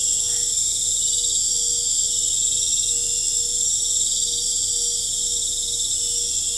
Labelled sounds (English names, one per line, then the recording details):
none
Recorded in pastures near Puerto Asís, Putumayo, Colombia, on 26 December 2024 at 19:30
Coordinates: 0.496, -76.326
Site G004